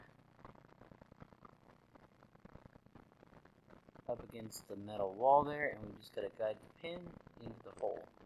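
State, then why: Not seated. A watch strap's spring bar on a Luminox 1827 is pressed against the metal wall of the case lug while its pin is guided toward the lug hole, making faint small ticks and scrapes during the first few seconds. Someone talks from about 4 seconds onward. Nothing has seated or clicked into the lug hole yet.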